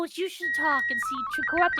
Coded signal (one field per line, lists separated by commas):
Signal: SSTV (slow-scan television)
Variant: Robot 36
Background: speech